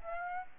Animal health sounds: mosquito wingbeat signal from an infrared sensor; Aedes aegypti

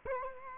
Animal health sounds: mosquito wingbeat signal from an infrared sensor; Culex quinquefasciatus

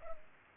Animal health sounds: mosquito wingbeat signal from an infrared sensor; Culex pipiens

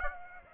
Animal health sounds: mosquito wingbeat signal from an infrared sensor; Aedes aegypti

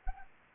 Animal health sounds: mosquito wingbeat signal from an infrared sensor; Anopheles arabiensis

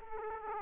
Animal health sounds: mosquito wingbeat signal from an infrared sensor; Aedes aegypti

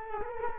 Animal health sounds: mosquito wingbeat signal from an infrared sensor; Culex quinquefasciatus

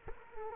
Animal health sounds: mosquito wingbeat signal from an infrared sensor; Culex quinquefasciatus

